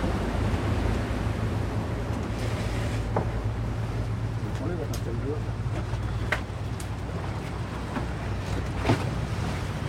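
A passing boat churns the river at Val-de-Seine, Île Saint-Germain, in Paris, with a steady, low engine drone, while water washes and sloshes continuously beneath it, broken by a few sharp clicks and taps.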